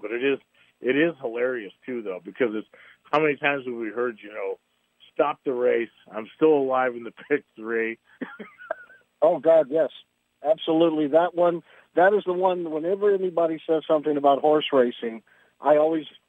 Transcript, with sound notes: But it is, it is hilarious too though, because it's, how many times have we heard, you know, "Stop the race, I'm still alive in the pick three." (laughs)
Oh God, yes. Absolutely. That one, that is the one that whenever anybody says something about horseracing, I always...